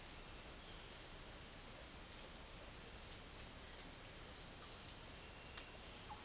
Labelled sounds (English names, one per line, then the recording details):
none
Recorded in dense forest near Puerto Asís, Putumayo, Colombia, on 4 March 2025 at 10:00
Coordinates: 0.481, -76.323
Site G088